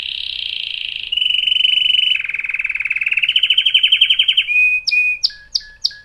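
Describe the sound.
Canary singing a continuous series of fast rolling trills, each section changing pitch and pace, then closing with clipped, evenly spaced high notes.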